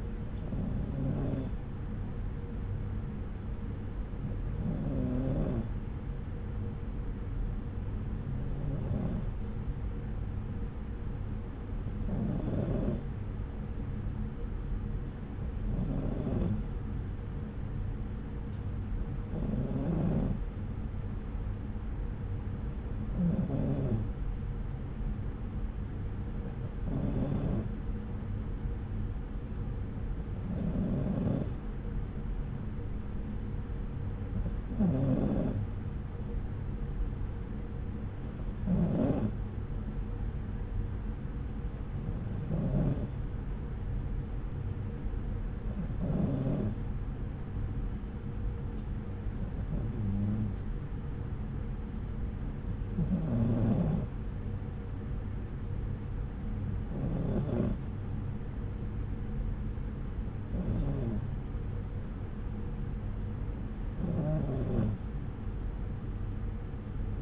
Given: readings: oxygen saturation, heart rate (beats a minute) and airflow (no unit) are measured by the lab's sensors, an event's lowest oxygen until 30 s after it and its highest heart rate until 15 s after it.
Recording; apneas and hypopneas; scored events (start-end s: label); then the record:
breathing in sleep by a smartphone at the bedside; none
none scored
From the record:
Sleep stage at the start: N2 (light sleep); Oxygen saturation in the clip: 93 to 94%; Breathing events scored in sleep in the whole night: 303 in 8.1 hours asleep